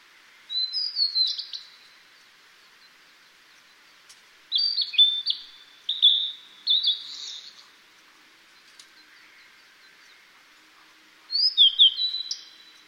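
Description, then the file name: Blue-and-white flycatcher singing four whistled song phrases with descending slurs, most several seconds apart, over faint background hiss. "ooruri"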